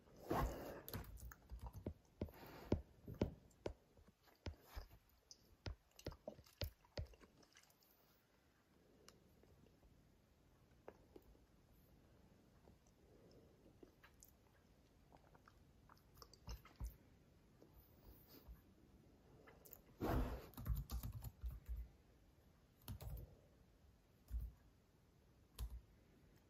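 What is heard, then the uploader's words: Close, wet mouth sounds: clicks, smacks and chewing-like squishes. They come in dense bursts during the first seven seconds and again around twenty seconds, with sparser isolated clicks between. A quiet, steady hiss sits underneath. Keyboard typing, mouth sounds.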